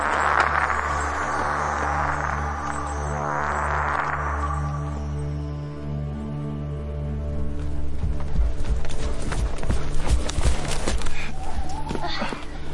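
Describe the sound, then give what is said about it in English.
Horse hooves clip-clop in sharp, irregular knocks over a steady low droning hum, the hoofbeats growing busier and louder through the second half after a hissy, wind-like start. “You brought the great horses?”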